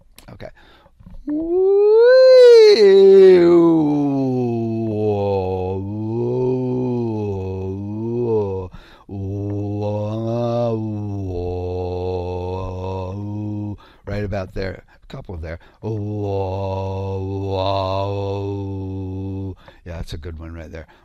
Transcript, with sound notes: Okay. (makes resonant sounds) Right about there, a couple there. (makes resonant sounds) Yeah, that's a good one right there.